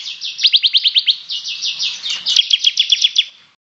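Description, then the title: Bird song: one continuous run of fast, evenly pulsed buzzy trill notes, shifting phrase partway through before stopping. "SuaraBurung Kicau"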